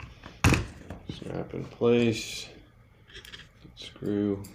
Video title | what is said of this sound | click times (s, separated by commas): HUBSAN ZINO PRO PLUS - LESS HEAT & LESS INTERFERENCE - MORE FLIGHT TIME? | put the cover on put this end in first snap in | 0.4 s